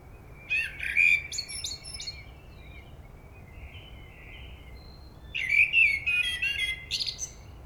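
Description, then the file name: Common blackbird song in two phrases several seconds apart: fluty low whistles mixed with sharp, high chirping squeaks, and a quiet warble in the gap. "Turdus merula"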